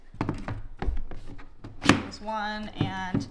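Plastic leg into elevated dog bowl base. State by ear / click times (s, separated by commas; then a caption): seated / 0.2 s. A plastic leg of a Gorilla Grip elevated dog bowl stand is pushed into its socket on the plastic base and snaps in with a sharp click at 0.2 s, seating it. Several more short knocks and thunks follow, with a louder hit near 1.9 s, while someone talks.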